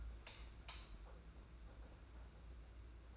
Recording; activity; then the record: daily activity, microphone in the room; light on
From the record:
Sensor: 2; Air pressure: 991.8 hPa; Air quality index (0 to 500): 226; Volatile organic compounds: 1000 ppm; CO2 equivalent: 7545 ppm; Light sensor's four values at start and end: 11/27/10/10 and 16/43/17/16